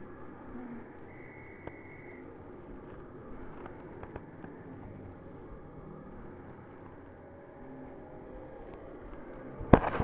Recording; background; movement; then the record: deep breathing; traffic; sitting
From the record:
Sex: female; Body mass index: 18.8 kg/m2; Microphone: on the chest, facing the body